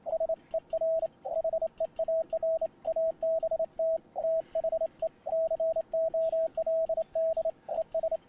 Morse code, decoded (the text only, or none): SER HEAR ABT THE COLD ES